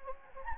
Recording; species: mosquito wingbeat signal from an infrared sensor; Anopheles gambiae